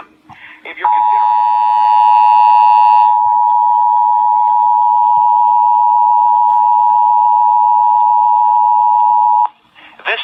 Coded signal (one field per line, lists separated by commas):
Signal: Emergency Alert System (SAME) tones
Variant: 853 and 960 Hz attention tone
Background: speech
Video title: C.Crane CC Pocket | EAS RMT 720AM WGN (EAS #9)